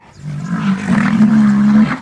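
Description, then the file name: Rhinoceros call, a steady low droning bellow about two seconds long, swelling up and then cutting off, with rough overtones above it. "zvuki nosoroga"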